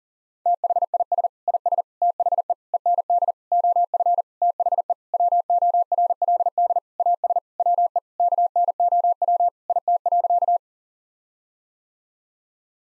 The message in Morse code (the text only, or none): THIS IS THE END OF THE WORLD AS WE KNOW IT.